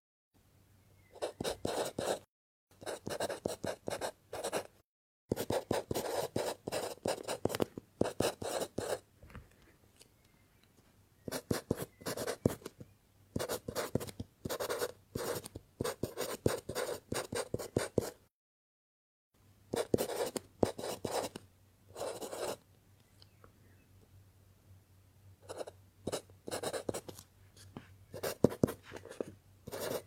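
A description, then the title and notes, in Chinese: A pencil scratches across paper in quick, dense bursts of rapid strokes, with short pauses and a few full silences around 2, 5 and 18–19 seconds. The sound is dry, bright and papery, with a faint low hum underneath. 铅笔写字沙沙声。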